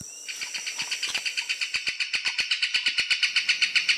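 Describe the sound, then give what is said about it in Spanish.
A kingfisher's loud, dry rattling call in flight, a rapid, steady series of harsh high-pitched clicks that runs on without a break for several seconds, with no voices. “Y me parece que está llegando, la escucho con su matraqueo en vuelo.”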